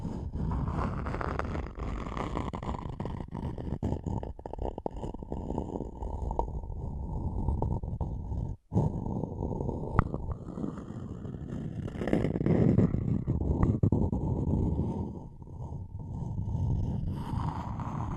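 Continuous low scratching and rubbing with sharper scrapes throughout, a brief silent gap near nine seconds, then louder tracing strokes around twelve seconds.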